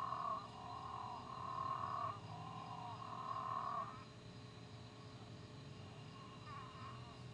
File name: Physalaemus moreirae